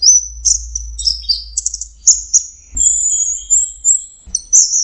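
Orange-headed thrush song of quick high chirps followed by a long sustained thin whistle, then more twittering, over low hum.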